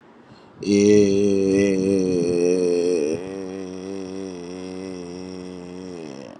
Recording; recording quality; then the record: sustained vowel as in made; excellent, no background noise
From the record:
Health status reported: COVID-19 positive, moderate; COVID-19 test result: positive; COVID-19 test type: RT-PCR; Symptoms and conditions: cough, fever, fatigue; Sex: male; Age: 35 years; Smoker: no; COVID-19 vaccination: both doses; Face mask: not worn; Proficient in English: yes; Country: India